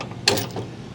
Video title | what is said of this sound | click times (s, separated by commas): 2023 Tundra TRD Pro & 27' Airstream International! Setup Tutorial, Features, Drive! | it's locked into place | 0.3 s